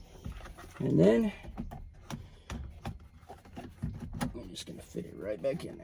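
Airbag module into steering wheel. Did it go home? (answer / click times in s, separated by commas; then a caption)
no / none. An airbag module is being fitted back into the steering wheel of a Chevy Avalanche while someone talks, with several short handling knocks and taps along the way. The clip ends before the module goes home, so nothing has seated or clicked yet.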